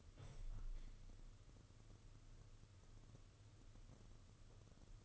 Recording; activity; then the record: daily activity, microphone in the room; open window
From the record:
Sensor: 4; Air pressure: 995.2 hPa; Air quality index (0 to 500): 192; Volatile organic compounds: 124 ppm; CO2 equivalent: 3895 ppm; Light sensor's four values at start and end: 4/10/4/4 and 5/11/4/5